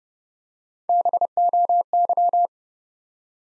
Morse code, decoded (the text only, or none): BOY